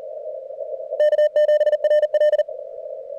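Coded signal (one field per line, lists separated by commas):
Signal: Morse code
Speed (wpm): 40 wpm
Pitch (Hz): 1800 Hz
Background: radio noise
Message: K7RL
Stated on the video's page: CWops CWT contest at 550 Hz, search-and-pounce moving into running.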